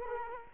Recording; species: mosquito wingbeat signal from an infrared sensor; Culex quinquefasciatus